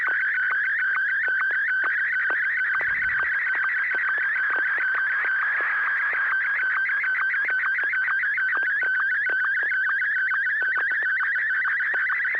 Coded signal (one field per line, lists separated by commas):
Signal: SSTV (slow-scan television)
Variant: Martin 1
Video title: N6NA SSTV Net - 11/04/2020